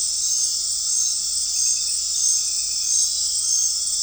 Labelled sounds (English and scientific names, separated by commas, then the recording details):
none
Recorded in dense forest near Puerto Asís, Putumayo, Colombia, on 9 March 2025 at 19:30
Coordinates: 0.499, -76.324
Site GP03